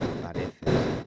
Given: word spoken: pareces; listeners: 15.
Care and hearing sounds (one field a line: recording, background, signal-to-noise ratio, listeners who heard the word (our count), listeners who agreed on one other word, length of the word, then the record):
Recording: one Spanish word in noise, from a listening test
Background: noise modulated by one talker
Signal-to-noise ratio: -12.5 dB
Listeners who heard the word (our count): 0 of 15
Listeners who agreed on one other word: 8 of 15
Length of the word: 0.66 s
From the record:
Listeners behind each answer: 8, 4, 1, 1, 1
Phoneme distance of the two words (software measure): 7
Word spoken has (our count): 3 syllables, 7 phonemes, stress on syllable 2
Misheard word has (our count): 3 syllables, 6 phonemes, stress on syllable 2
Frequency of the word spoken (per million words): 3.87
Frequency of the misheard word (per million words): 357.59